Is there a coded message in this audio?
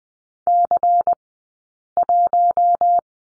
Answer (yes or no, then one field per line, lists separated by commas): yes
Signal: Morse code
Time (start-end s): 0.5-3.0 s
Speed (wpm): 20 wpm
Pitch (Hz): 700 Hz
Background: none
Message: C1